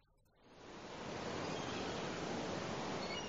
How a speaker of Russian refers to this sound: Волны неспешно покачивали старый баркас.